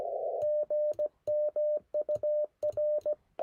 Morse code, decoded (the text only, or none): GM UR